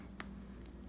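A 3D-printed plastic stopper is popped onto a 3D-printed Destiny fidget toy made on a Creality CR-10. A sharp click at 0.2 s marks the stopper seating, followed by a fainter click at 0.7 s over a steady low hum.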